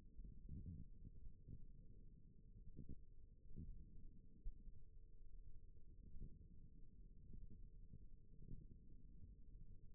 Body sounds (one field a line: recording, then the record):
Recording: forearm muscle sounds (acoustic myography)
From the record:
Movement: wrist flexion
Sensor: system 1, eight BSWA MPA416 microphones around the upper forearm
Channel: 1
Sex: female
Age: 21 years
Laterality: right